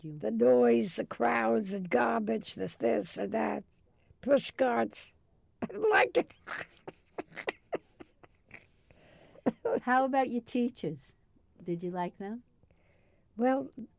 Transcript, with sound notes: The noise, the crowds, the garbage, the this, the that! Push carts. I didn't like it! [Laughs]
How about your teachers? Did you like them?
Well,